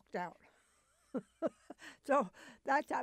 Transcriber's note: chuckles